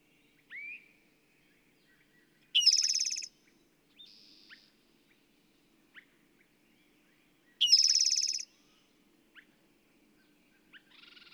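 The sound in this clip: Bird song: high buzzy trilled phrases repeated about five seconds apart, with soft slurred notes, brief ticks and quieter buzzes in the gaps.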